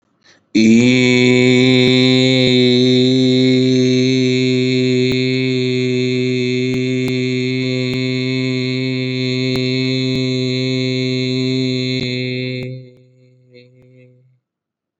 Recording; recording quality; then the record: sustained vowel as in beet; excellent, no background noise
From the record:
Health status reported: COVID-19 positive, moderate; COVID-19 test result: positive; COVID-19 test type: RT-PCR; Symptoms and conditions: cough, cold, sore throat, fatigue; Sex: male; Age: 26 years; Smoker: no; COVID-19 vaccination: both doses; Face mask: not worn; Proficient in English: yes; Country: India